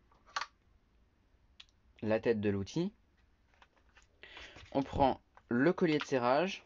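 A dust extraction attachment is placed over a power tool and nested into the tool head, with a sharp click at 0.4 s showing it has seated. Someone talks, and a few faint clicks and taps follow between the stretches of speech.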